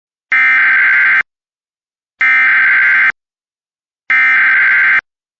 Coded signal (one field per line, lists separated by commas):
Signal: Emergency Alert System (SAME) tones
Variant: header bursts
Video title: EAS #905 Local Area Emergency from 5-19-26